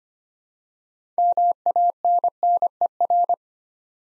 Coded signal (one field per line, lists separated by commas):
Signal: Morse code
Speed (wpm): 25 wpm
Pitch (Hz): 700 Hz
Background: none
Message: MANNER